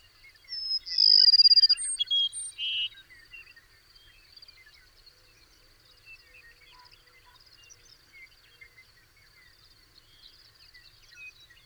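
Bird song, a brief loud phrase of whistles, a trill and a buzzy note near the start, then many faint birds chirping for the rest.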